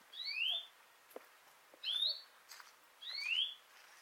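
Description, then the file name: European greenfinch giving three rising whistled calls, each with a short higher note before it, with faint clicks between them. "Chloris chloris"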